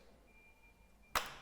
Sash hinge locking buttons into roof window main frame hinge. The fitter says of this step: As you push slightly beyond that, you will hear two clicks.